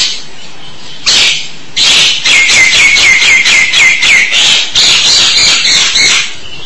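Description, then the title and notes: Starling song of fast, harsh, rasping notes repeated about four times a second, with a brief pause before a scratchy chattering run resumes. "suara burung jalak"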